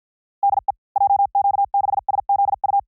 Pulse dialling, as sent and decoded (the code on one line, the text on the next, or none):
none